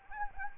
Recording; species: mosquito wingbeat signal from an infrared sensor; Anopheles gambiae